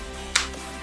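The second side of a plastic building-block piece is pressed into place on a building-set model, with music playing in the background. A sharp, bright click sounds at 0.4 s as the piece snaps in and seats.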